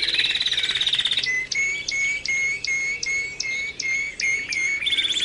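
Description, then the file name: Canary song with a fast ringing trill, then clear whistled notes repeated a few times a second, returning to a quick trill. Canary training song (kenari terapi), posted October 2013. "kenari terapi omkicau"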